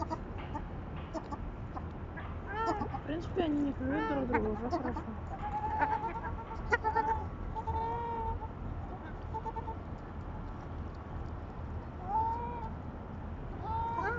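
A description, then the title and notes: Ducks call while being fed at night, a cluster of wavering quacks and squawks between about two and five seconds, then shorter repeated calls for a few seconds after. A steady low hum runs underneath throughout, with a few more calls near the end. Feeding ducks in the night.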